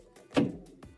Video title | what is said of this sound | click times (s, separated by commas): Frigidaire Refrigerator Repair - Door Handle Is Cracked - Door Handle | you hear it pop | 0.4 s